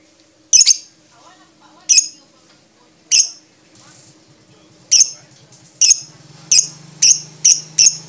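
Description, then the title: Lovebird giving shrill chirps, first spaced over a second apart, then coming faster near the end, with a low hum in the background. Champion lovebird with a clear voice, song used as masteran material for training other songbirds. "MASTERAN BURUNG 2. Kicau Suara Burung Lovebird Juara Suara Bening"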